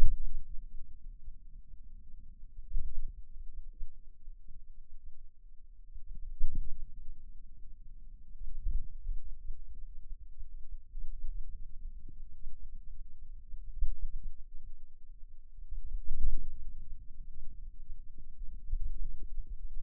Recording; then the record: forearm muscle sounds (acoustic myography)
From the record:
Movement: pen grasping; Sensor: system 2, bracelet of six BSWA MPA416 microphones around the upper forearm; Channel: 5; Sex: male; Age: 22 years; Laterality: right